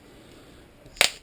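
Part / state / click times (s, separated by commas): plastic case frame clip onto tablet / seated / 1.0 s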